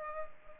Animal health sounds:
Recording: mosquito wingbeat signal from an infrared sensor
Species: Culex pipiens

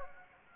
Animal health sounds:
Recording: mosquito wingbeat signal from an infrared sensor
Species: Anopheles gambiae

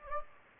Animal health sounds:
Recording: mosquito wingbeat signal from an infrared sensor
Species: Anopheles gambiae

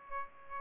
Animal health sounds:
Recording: mosquito wingbeat signal from an infrared sensor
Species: Aedes aegypti

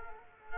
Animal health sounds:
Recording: mosquito wingbeat signal from an infrared sensor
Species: Culex quinquefasciatus

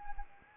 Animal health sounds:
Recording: mosquito wingbeat signal from an infrared sensor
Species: Anopheles arabiensis

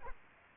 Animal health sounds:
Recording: mosquito wingbeat signal from an infrared sensor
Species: Aedes aegypti

